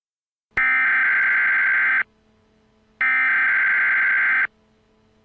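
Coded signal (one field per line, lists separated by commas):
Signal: Emergency Alert System (SAME) tones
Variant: header bursts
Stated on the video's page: Fictional zombie EAS scenario.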